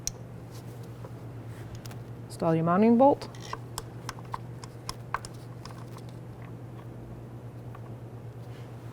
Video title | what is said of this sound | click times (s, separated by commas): How To Replace Spark Plug 1998-02 Honda Accord | you'll hear a click install | 0.1 s